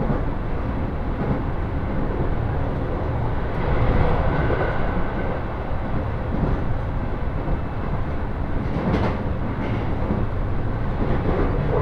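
A Senseki-Tohoku Line rapid train runs from Takagimachi toward Sendai, its deep rumble steady and dense throughout. The loudness holds nearly level, swelling slightly around four seconds, with faint rhythmic clatter and brief brighter squeals near nine seconds.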